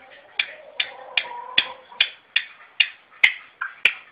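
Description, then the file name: Red-legged partridge giving harsh, rasping notes repeated about every 0.4 seconds. "perdiz roja-sonido"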